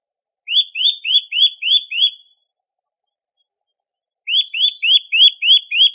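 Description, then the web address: Eurasian Nuthatch calls: two quick series of six rising, upslurred whistles, evenly spaced, separated by a two-second pause. "birdify. sitta europaea"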